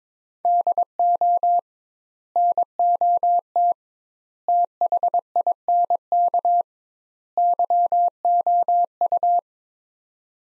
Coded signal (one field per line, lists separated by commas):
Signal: Morse code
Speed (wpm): 22 wpm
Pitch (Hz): 700 Hz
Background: none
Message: DO NOT THINK YOU